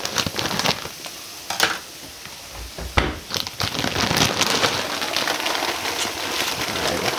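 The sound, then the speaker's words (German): Steady bubbling hiss of boiling water, broken by a few short splashy thumps as fresh pasta is dropped into the pot, then a continuous rolling boil. “Rein mit den Nudeln.”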